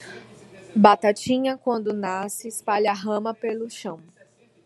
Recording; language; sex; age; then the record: short text; Brazilian Portuguese; female; 30 to 39 years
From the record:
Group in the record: control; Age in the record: 34 years